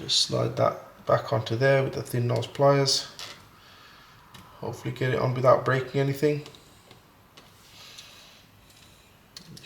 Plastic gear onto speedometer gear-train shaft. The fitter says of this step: and you'll just hear it clicked like that that's lovely and there is you can see it there